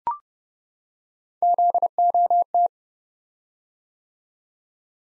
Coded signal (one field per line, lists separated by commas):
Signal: Morse code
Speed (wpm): 30 wpm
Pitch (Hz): 700 Hz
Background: none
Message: ZOT